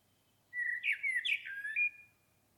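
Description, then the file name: Common blackbird delivering one flowing phrase of low mellow whistles and warbles, finishing on a clear higher whistled note. "Turdus merula"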